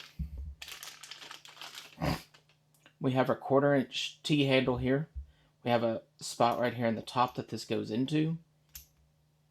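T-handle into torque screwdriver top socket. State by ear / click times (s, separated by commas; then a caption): not seated / none. Someone talks while handling a 1/4 inch T-handle that goes into a socket in the top of a torque screwdriver, with light clicks, taps and crinkling handling noises early on and a couple of short knocks near the end. The T-handle has not been pushed into the socket yet, and nothing has seated or clicked yet.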